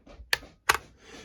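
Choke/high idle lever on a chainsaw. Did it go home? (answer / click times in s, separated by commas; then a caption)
yes / 0.3 s, 0.7 s. The plastic choke lever on a Husqvarna T525 small top-handle chainsaw is moved into its high idle (fast idle) detent position. Two sharp, bright clicks sound at 0.3 s and 0.7 s over quiet background. The lever locks into the high idle position.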